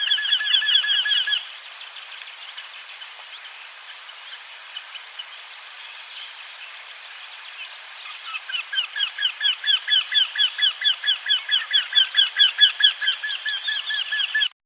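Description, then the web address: Eurasian wryneck calls: the brief end of one nasal series, a quiet pause of several seconds, then a long run of ringing, whining notes that grows louder. "ljud Jynx"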